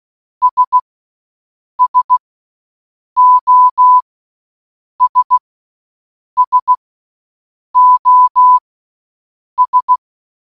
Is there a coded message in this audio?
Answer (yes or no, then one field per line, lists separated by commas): yes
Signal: Morse code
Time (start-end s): 0.4-10.0 s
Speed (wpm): 16 wpm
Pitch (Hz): 1000 Hz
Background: none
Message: S SOS SOS